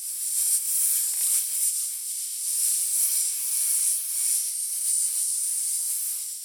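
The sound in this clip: Snake hiss, continuous breathy high-pitched noise with gentle rises and dips in loudness, nothing else clearly heard.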